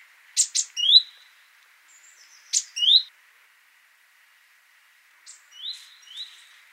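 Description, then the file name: Great tit calls: short high sharp notes each followed by a brief rising buzzy slur, in two bursts about two seconds apart, then softer repeats near the end. "Parus major"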